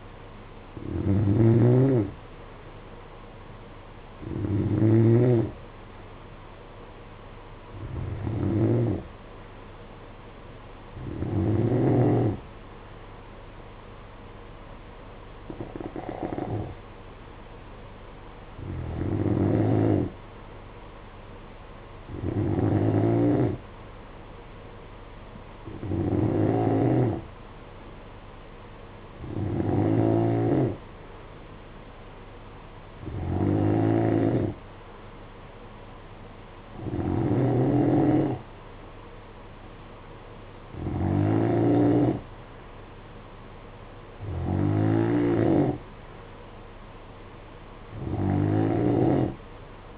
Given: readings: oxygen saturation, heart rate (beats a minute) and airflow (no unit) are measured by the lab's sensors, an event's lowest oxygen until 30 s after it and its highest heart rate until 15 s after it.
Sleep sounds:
breathing in sleep by a voice recorder at the bedside; none
none scored
From the record:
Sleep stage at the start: N2 (light sleep); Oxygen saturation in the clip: 90 to 93%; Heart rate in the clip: 55 to 59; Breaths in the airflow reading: 14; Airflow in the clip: -6.3 to 6.4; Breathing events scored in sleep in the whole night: 476 in 9.7 hours asleep

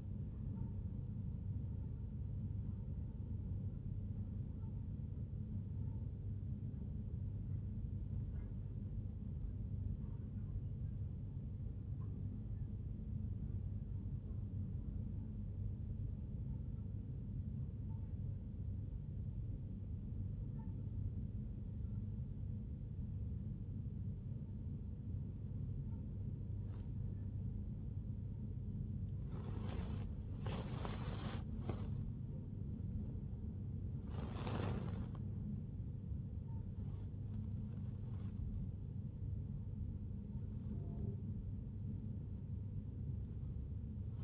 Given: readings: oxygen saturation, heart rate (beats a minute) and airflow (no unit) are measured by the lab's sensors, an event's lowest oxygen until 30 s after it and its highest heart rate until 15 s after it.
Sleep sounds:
a person awake in a sleep study, by a smartphone at the bedside; none
0.00-44.24 s: awake
From the record:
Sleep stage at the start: awake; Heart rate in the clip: 71 to 87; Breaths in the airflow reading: 15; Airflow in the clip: -0.7 to 0.7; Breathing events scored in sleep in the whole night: 51 in 8.9 hours asleep

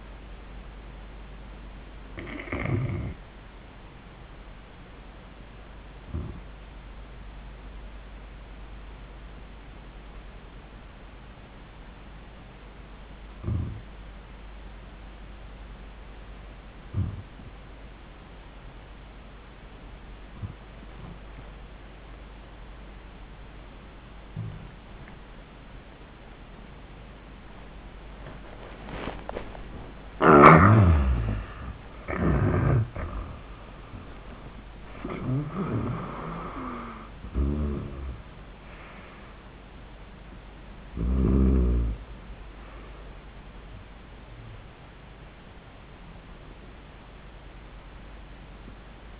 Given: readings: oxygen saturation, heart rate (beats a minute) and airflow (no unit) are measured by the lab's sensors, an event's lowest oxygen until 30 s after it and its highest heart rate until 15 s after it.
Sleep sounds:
breathing in sleep by a voice recorder at the bedside; 1
4.00-30.60 s: hypopnea (N1, oxygen 95% highest, then 76% lowest)
From the record:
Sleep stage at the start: N1 (lightest sleep); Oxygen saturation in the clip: 79 to 95%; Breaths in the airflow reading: 4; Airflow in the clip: -27.4 to 30.0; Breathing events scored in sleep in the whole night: 400 in 8.7 hours asleep

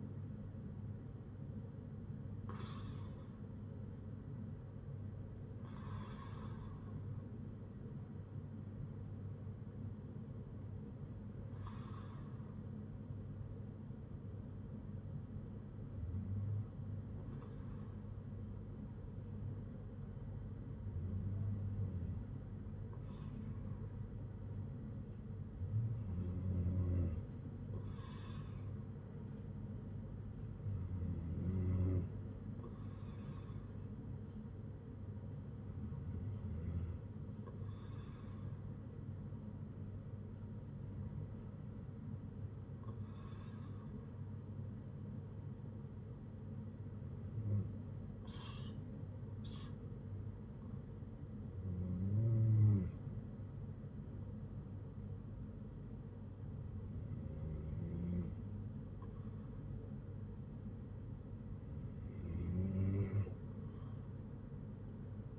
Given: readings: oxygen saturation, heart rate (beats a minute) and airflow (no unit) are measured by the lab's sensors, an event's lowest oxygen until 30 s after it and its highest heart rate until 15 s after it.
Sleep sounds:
breathing in sleep by a smartphone at the bedside; none
none scored
From the record:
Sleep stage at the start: N2 (light sleep); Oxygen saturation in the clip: 93 to 95%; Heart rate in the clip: 57 to 67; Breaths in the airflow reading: 12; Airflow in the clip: -6.5 to 5.4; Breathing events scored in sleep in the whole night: 182 in 7.4 hours asleep

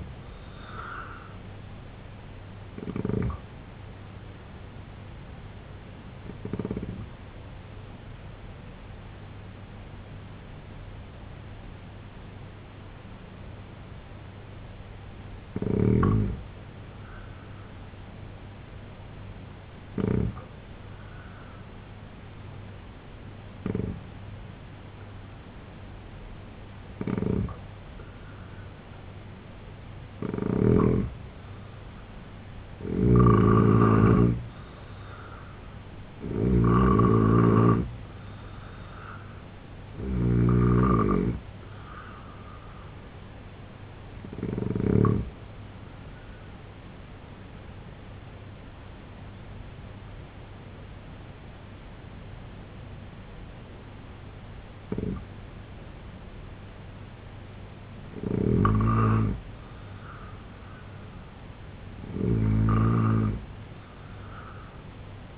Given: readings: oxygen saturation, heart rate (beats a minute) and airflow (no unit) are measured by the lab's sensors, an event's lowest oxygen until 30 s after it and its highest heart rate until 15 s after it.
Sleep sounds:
breathing in sleep by a voice recorder at the bedside; 2
11.00-34.00 s: hypopnea (N2, oxygen 90% highest, then 80% lowest, heart rate 70 at the start, 84 highest)
34.00-65.38 s: new sleep stage, N3 (deep sleep)
46.00-58.50 s: hypopnea (N3, oxygen 92% highest, then 86% lowest, heart rate 77 at the start, 77 highest)
From the record:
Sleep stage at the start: N2 (light sleep); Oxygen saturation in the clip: 80 to 93%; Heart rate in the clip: 67 to 85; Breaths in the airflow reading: 8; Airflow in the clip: -4.8 to 7.4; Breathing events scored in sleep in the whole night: 258 in 7.4 hours asleep

